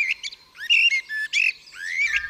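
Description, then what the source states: Common Blackbird singing in rich, fluty whistled phrases that slide up and down, broken by short pauses and a few squeakier notes. Now found everywhere in the city and in every backyard, singing everywhere; 150 years ago a shy forest bird.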